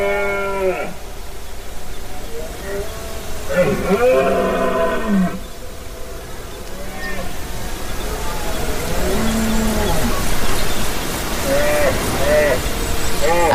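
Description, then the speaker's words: Red deer rutting bellows: several drawn-out, moaning roars spaced throughout, over steady background noise. Rutting-season bellow (brama) of red deer at a hunting reserve on a limestone mountain in the Conca de Dalt and Pallars Jussà, within a large mountain natural park. "Aquesta que escolteu és la brama dels cérvols a Beaumort, en aquesta muntanya calcària a la Conca de Dalt i al Pallars Jussà"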